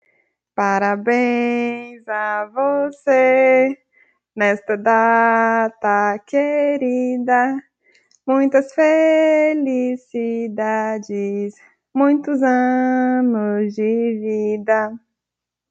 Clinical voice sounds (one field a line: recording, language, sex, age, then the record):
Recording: short text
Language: Brazilian Portuguese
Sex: female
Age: 30 to 39 years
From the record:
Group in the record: control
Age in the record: 31 years